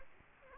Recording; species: mosquito wingbeat signal from an infrared sensor; Anopheles gambiae